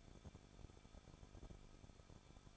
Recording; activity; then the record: daily activity, microphone in the room; no activity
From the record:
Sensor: 5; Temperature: 20.8 degrees Celsius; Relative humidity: 38.4%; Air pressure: 1006.4 hPa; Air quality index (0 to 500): 189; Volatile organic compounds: 19 ppm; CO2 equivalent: 2668 ppm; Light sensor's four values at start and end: 2/3/1/1 and 2/3/1/1